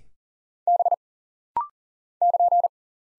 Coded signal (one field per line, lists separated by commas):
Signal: Morse code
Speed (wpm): 42 wpm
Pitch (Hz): 700 Hz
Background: none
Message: B <KN>